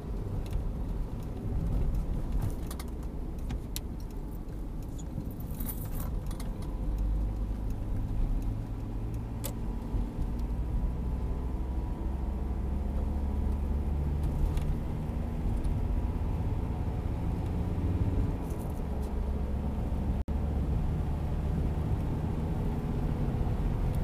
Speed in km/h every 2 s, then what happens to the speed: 48, 42, 37, 39, 42, 48, 54, 60, 65, 69, 75, 80.
0-5 slows to 37. 5-24 speeds up to 80.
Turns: 0-8.